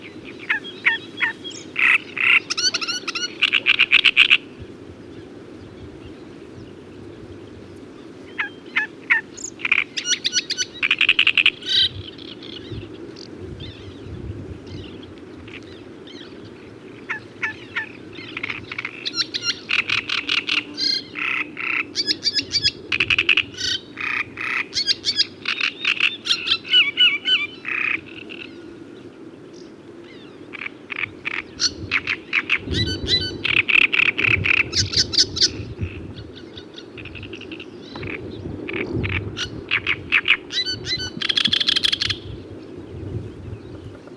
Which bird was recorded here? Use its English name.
Great Reed Warbler